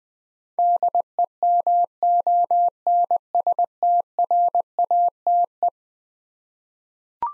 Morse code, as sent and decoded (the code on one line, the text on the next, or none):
-.. . -- --- -. ... - .-. .- - .
DEMONSTRATE